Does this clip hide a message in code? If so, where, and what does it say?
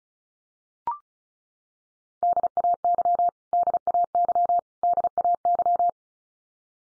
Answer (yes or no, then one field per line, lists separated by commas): yes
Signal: Morse code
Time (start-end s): 2.2-5.9 s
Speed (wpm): 34 wpm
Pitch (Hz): 700 Hz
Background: none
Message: DAY DAY DAY